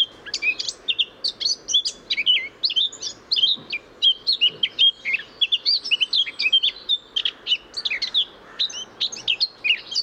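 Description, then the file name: Eurasian blackcap warbling steadily, a lively chattering stream of high twittering and whistled notes with brief gaps between phrases. "Sylvia atricapilla"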